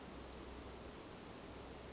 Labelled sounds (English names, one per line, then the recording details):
Western Flycatcher
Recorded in Sonoma County, California